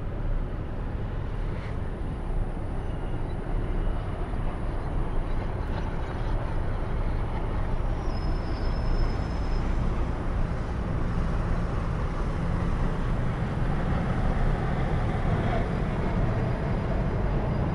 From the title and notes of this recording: 1 Hour Car Ride. City At Night With Ambient Vibes. A long car ride.